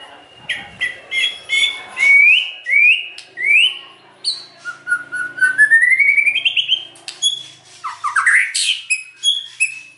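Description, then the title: White-rumped shama song: rapid repeated whistles, upslurred notes, then a long series of notes climbing in pitch, and sharp sweeping notes at the end. Lure recording (pancingan) of a strongly singing (gacor) bird, meant to provoke a quick response from other birds. "PANCINGAN MURAI BATU GACORSEKALI DENGAR AMPUH LANGSUNG RESPON"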